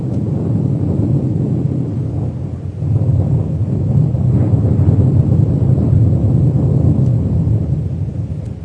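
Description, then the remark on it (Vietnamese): Distant rolling thunder as a storm gathers in the late afternoon before heavy rain, a deep, continuous rumble that rises and swells slightly without breaking, heavy in the low end and steady for several seconds, with no voices. “Có những tiếng ầm ầm ì ì như cối xay lúa ở xa xa, càng lúc càng rõ dần.”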